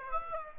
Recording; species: mosquito wingbeat signal from an infrared sensor; Aedes aegypti